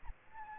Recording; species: mosquito wingbeat signal from an infrared sensor; Aedes albopictus